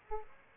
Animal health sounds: mosquito wingbeat signal from an infrared sensor; Aedes aegypti

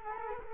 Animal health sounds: mosquito wingbeat signal from an infrared sensor; Culex quinquefasciatus

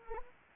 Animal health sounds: mosquito wingbeat signal from an infrared sensor; Anopheles gambiae

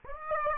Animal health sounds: mosquito wingbeat signal from an infrared sensor; Aedes aegypti

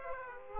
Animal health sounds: mosquito wingbeat signal from an infrared sensor; Aedes aegypti

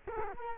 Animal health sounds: mosquito wingbeat signal from an infrared sensor; Culex quinquefasciatus

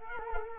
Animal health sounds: mosquito wingbeat signal from an infrared sensor; Culex quinquefasciatus

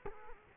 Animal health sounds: mosquito wingbeat signal from an infrared sensor; Culex quinquefasciatus

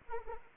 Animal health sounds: mosquito wingbeat signal from an infrared sensor; Anopheles arabiensis

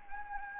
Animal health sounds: mosquito wingbeat signal from an infrared sensor; Anopheles gambiae

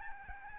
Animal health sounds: mosquito wingbeat signal from an infrared sensor; Aedes albopictus

